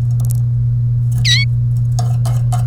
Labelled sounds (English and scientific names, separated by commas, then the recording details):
Domestic Canary (Serinus canaria) song
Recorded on 1 May 2018 at 12:01
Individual llb3